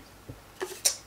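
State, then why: Seated. A nozzle attachment is fitted onto the outlet at the front of a hair dryer, whose attachments clip on magnetically. After a faint low tap near 0.3 s and a softer knock around 0.6 s, a sharp, bright click sounds at 0.9 s as the nozzle clips on and seats.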